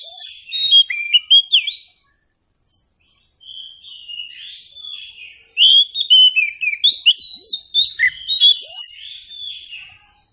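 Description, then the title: Oriental Magpie-Robin song: a quick whistled burst, a short silence, then softer warbling that swells into loud, varied sliding whistles and chirps. Presented as an outstanding magpie-robin song, guaranteed to draw an answering response. "Dijamin Nyaut Kacer Istimewah"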